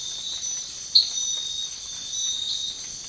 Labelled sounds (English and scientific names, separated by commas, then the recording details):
none
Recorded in dense forest near Puerto Asís, Putumayo, Colombia, on 12 March 2025 at 05:00
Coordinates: 0.500, -76.322
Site GP06